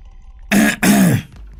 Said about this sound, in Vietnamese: Tiếng đằng hắng của thằng Tí đã nhắc cho con Tèo biết đã lỡ lời.